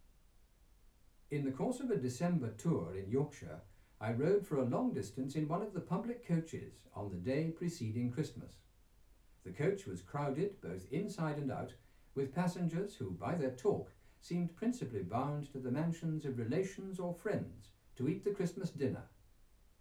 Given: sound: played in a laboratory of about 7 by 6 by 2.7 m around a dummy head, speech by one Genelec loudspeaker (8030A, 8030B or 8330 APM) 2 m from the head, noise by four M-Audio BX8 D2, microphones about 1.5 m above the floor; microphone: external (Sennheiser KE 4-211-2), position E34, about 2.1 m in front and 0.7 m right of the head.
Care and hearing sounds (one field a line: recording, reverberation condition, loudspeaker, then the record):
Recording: male speech in English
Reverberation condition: low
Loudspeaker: 150 degrees to the left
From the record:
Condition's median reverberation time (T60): about 310 ms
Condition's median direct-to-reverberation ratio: about 3.5 dB